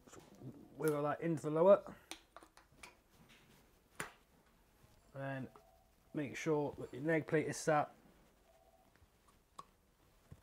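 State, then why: Seated. On a 2015–2016 Fox 36 suspension fork during a travel change, someone talks while wiggling the air shaft into the lower leg and making sure the metal and plastic leg plate is set. At 9.6 s a sharp click is heard as the air shaft leg plate clicks into place in the bottom of the stanchion, and it is seated.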